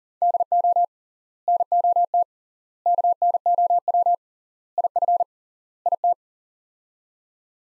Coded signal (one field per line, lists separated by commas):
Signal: Morse code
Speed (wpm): 39 wpm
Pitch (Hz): 700 Hz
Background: none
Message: DO NOT KNOW IF IT